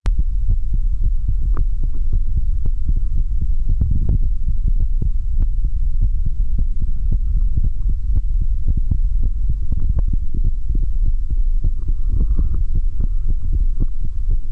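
A real adult heartbeat heard close up, with steady low-pitched throbbing beats and a constant background hum.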